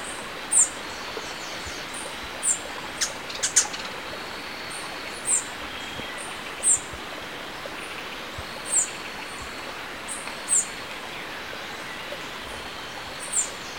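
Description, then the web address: Slaty-capped flycatcher calls: short, thin, very high notes at irregular intervals over a steady background hiss. Recorded in Ecuador. "Birds of Ecuador. Slaty-capped Flycatcher"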